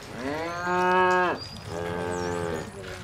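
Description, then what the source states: Cow mooing: a loud, rich moo that falls away at the end, followed by a second softer, steadier moo, over a faint background hum. Dairy cows at Frank Conine Dairy, northern San Diego County; 800 cows fed Hess Brewing's spent grain daily; one of three dairies left in the county; 2018.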